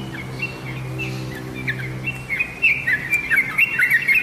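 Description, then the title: Oriental magpie-robin song, starting as thin, hesitant whistles over a low steady hum, then turning into rapid, louder chattering phrases of sliding notes. "Kicau Kacer"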